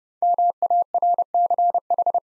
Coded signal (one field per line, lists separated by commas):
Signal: Morse code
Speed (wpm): 28 wpm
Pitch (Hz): 700 Hz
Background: none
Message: MARCH